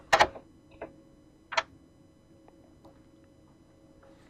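A TP-Link PCIe wireless adapter card, lined up with the expansion slot of a Dell Optiplex desktop motherboard, is pushed down and snaps into place with a sharp click at 0.1 s. A few softer clicks and taps follow, including a crisp one around 1.5 s, and the card is seated.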